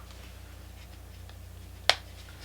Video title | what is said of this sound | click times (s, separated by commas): NEW Graphite iPhone 12 Pro Unboxing + Screen Protector Install + New Case Demo | And it clicks into place. | 1.9 s